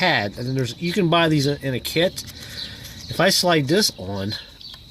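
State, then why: Not seated. A shift cable end bushing is being slid onto the transmission linkage stud of a Trailblazer while someone talks. A faint tick near 4.6 s is heard. Nothing has seated or clicked yet.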